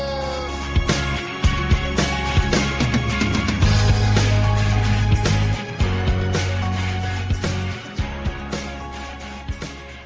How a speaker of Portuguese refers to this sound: Muito boa essa vinheta, adoro essa vinheta.